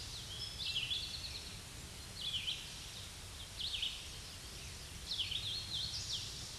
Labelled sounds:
Red-eyed Vireo song
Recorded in a Pennsylvania forest on 16 May 2024 at 07:45
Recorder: AudioMoth, point MSD-2095
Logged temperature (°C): 16.3 °C
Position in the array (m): 143 m, 43 m

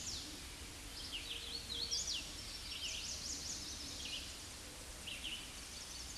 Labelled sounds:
Hooded Warbler song
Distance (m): 20 m
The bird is about 10 m above the microphone
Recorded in a Pennsylvania forest on 16 May 2024 at 07:36
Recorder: AudioMoth, point MSD-0079
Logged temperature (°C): 16.1 °C
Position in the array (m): 163 m, 95 m

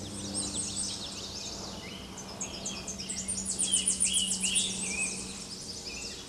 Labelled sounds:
Tennessee Warbler song
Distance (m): 15 m
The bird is about 15 m above the microphone
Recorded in a Pennsylvania forest on 16 May 2024 at 08:06
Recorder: AudioMoth, point MSD-2478
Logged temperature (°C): 15.6 °C
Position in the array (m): 55 m, 188 m

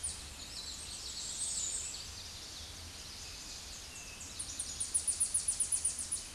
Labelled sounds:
Tennessee Warbler song
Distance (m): 25 m
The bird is about 5 m above the microphone
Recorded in a Pennsylvania forest on 16 May 2024 at 08:27
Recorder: AudioMoth, point MSD-0521
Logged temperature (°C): 15.8 °C
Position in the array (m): 29 m, 101 m

